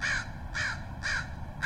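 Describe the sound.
Crow giving four harsh, nasal caws at a steady pace, roughly one every half second, with low background rumble.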